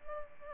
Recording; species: mosquito wingbeat signal from an infrared sensor; Culex pipiens